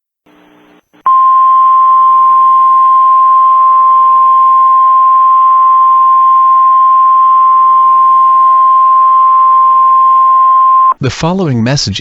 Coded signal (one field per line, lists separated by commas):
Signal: Emergency Alert System (SAME) tones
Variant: 1050 Hz attention tone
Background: speech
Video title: EAS Scenario - Negative Lightning